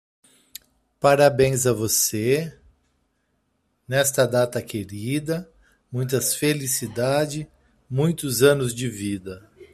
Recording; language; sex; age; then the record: short text; Brazilian Portuguese; male; 50 to 59 years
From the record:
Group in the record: control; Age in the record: 51 years